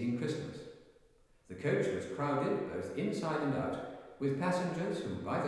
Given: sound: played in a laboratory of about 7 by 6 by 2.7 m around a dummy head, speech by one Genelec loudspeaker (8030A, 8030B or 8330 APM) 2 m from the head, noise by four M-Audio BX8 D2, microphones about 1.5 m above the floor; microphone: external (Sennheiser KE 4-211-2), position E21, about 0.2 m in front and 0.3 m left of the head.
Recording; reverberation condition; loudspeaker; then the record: male speech in English; high; 60 degrees to the right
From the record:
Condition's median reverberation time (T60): about 1300 ms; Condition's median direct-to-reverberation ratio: about -4.0 dB